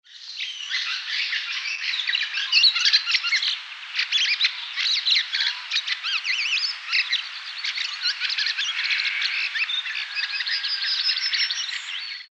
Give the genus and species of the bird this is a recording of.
Turdus pilaris